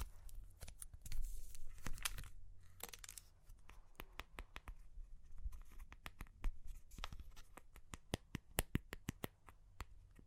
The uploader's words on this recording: Super Crunchy Clay Cracking (No Talking).